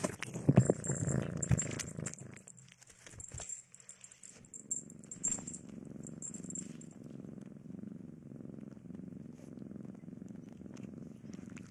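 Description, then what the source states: Domestic cat purring in a low, rhythmic rumble after a burst of louder handling noise and rustling at the start. Domestic cat eating, sleeping and playing.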